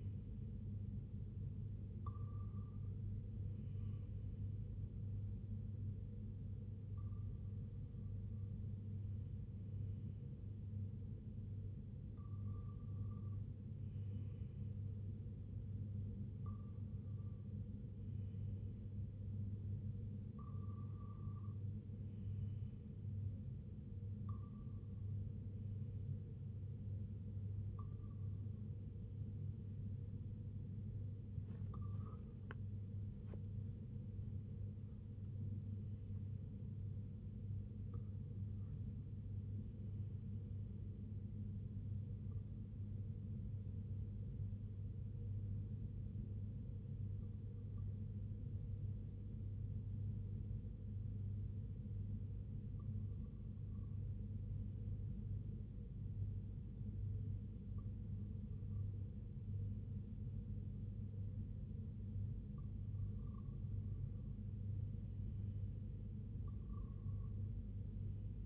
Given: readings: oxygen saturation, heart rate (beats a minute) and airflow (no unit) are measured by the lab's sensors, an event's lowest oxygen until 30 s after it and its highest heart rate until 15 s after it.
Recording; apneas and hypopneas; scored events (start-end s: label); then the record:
breathing in sleep by a smartphone at the bedside; none
none scored
From the record:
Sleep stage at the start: REM sleep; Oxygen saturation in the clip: 95 to 97%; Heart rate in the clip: 71 to 85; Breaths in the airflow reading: 16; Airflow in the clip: -4.6 to 3.8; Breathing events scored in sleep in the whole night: 258 in 7.4 hours asleep